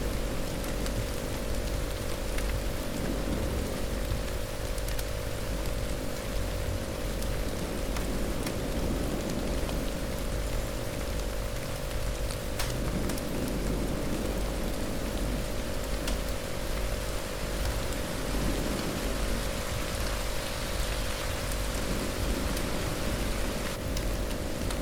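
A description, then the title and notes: Steady, dense rain patters evenly throughout, with a constant low hum and a faint sustained tone running underneath, plus occasional sharper drips. Relaxing rain sounds with frequency.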